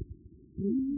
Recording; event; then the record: neck accelerometer signal played as sound; no cough (speech, laughter, throat clearing or background)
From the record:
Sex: female